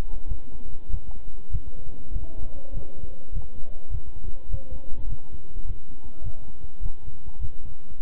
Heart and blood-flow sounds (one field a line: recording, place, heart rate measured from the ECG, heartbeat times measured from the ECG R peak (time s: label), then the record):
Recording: heart sounds by stethoscope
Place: between the tricuspid and mitral areas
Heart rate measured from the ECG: 101 bpm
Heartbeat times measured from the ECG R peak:
0.27 s: heartbeat
0.89 s: heartbeat
1.50 s: heartbeat
2.11 s: heartbeat
2.72 s: heartbeat
3.32 s: heartbeat
3.90 s: heartbeat
4.49 s: heartbeat
5.07 s: heartbeat
5.65 s: heartbeat
6.21 s: heartbeat
6.80 s: heartbeat
7.39 s: heartbeat
7.98 s: heartbeat
From the record:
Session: walking at 3.7 km/h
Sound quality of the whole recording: good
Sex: male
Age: 26 years